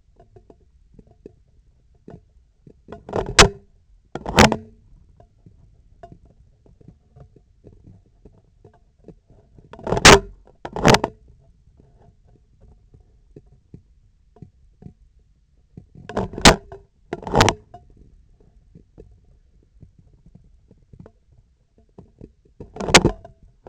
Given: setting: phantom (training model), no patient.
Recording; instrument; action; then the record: laparoscopic instrument, vibration sensor on the handle end; scissors; opening and closing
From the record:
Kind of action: tool actuation without material contact